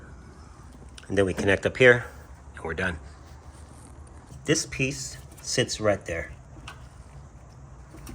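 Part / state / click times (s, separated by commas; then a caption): internal washer component into its mount / not seated / none. Someone talks while setting an internal component in position on a Whirlpool washer being reassembled after Hurricane Milton flood damage, pushing it down toward its mount. Speech is heard with a few brief handling knocks underneath, and the clip ends before the part goes home, so nothing has seated or clicked yet.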